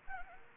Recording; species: mosquito wingbeat signal from an infrared sensor; Anopheles arabiensis